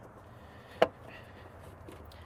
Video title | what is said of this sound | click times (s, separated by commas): RV Tips: Changing Our Motorhome's House Batteries - RV Texas | I just got to snap it into place. | 0.8 s